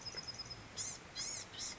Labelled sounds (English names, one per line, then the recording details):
Blue-gray Gnatcatcher
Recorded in Sonoma County, California